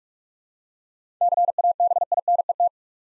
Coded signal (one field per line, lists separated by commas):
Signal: Morse code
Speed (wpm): 44 wpm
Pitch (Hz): 700 Hz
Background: none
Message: CABINET